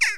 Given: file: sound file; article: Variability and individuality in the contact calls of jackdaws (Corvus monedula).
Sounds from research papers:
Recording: jackdaw call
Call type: harmonic

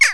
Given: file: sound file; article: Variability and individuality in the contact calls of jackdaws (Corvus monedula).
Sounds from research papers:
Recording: jackdaw call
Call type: harmonic

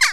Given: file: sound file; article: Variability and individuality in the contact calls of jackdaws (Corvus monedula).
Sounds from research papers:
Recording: jackdaw call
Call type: harmonic

